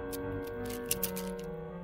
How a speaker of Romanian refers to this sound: Uite cine bate la ușa lui. Un bărbat înalt, cu o bonetă scoțiană pe cap. Are și baston.